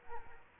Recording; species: mosquito wingbeat signal from an infrared sensor; Aedes aegypti